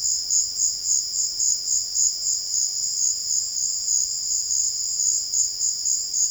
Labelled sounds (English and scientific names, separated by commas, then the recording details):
none
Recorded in secondary vegetation near Puerto Asís, Putumayo, Colombia, on 12 March 2025 at 15:00
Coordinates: 0.488, -76.319
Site G095